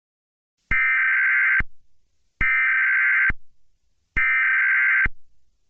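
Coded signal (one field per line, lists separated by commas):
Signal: Emergency Alert System (SAME) tones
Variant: header bursts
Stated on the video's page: Fictional EAS scenario inspired by Monster Hunter, using valid EAS tones.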